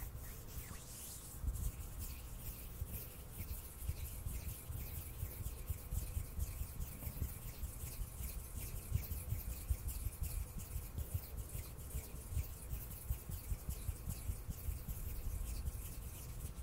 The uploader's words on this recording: ASMR HAND SOUNDS NO TALKING,INTENSE HAND SOUNDS ASMR NO TALKING. ASMR HAND MOVEMENTS.